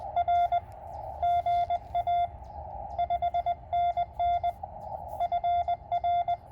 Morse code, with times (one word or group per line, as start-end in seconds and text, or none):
0.2-0.6 R
1.2-2.3 GA
3.0-4.5 5NN
5.2-6.3 FR